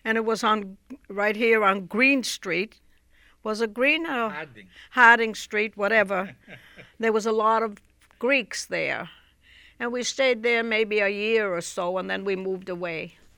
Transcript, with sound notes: And it was on, right here on Green Street. What is Green, I...
Harding.
Harding Street, whatever. (laughs) There was a lot of Greeks there. And we stayed there maybe a year or so and then we moved away.